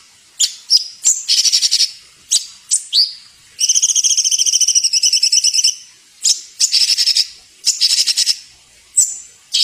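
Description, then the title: Bird song mixing sharp high chirps with a long buzzy, rapidly pulsed trill in the middle, then more chirp bursts. Training song (masteran) for songbirds. "Suara masteran Burung"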